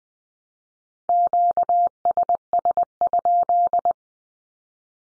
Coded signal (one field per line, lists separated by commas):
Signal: Morse code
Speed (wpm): 20 wpm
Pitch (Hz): 700 Hz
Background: none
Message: QSS?